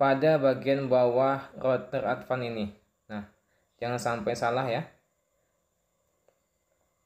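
A SIM card is lined up at the SIM slot on the underside of an Advan Harvard CPE20 LTE router, ready to be pushed in without putting it the wrong way. Someone talks for most of the clip. A faint tick comes near 6.3 s, but the card has not yet seated or clicked into the slot.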